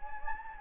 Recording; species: mosquito wingbeat signal from an infrared sensor; Anopheles gambiae